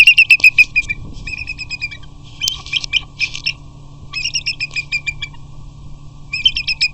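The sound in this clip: Eagle calling in rapid bursts of high, piping chirps, each run lasting about a second and repeated with short pauses, over a low steady hum.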